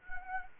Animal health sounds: mosquito wingbeat signal from an infrared sensor; Anopheles arabiensis

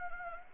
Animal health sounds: mosquito wingbeat signal from an infrared sensor; Anopheles gambiae

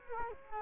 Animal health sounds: mosquito wingbeat signal from an infrared sensor; Culex quinquefasciatus

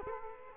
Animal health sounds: mosquito wingbeat signal from an infrared sensor; Culex quinquefasciatus

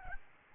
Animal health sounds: mosquito wingbeat signal from an infrared sensor; Aedes albopictus

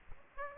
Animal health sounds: mosquito wingbeat signal from an infrared sensor; Aedes aegypti

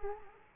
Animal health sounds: mosquito wingbeat signal from an infrared sensor; Culex quinquefasciatus

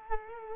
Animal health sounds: mosquito wingbeat signal from an infrared sensor; Culex quinquefasciatus

